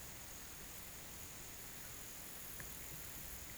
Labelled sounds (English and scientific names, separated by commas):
none